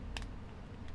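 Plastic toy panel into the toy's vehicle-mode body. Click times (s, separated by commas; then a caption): 0.2 s. A plastic panel on a Transformers Studio Series 86 Movie Bumblebee transforming robot toy is pressed into the toy's vehicle-mode body as the bug form is finished, so the part won't be lost in vehicle mode. Two quick, sharp plastic snaps are heard at about 0.2 s, the first louder than the second, over a low steady background. The panel snaps together and is seated.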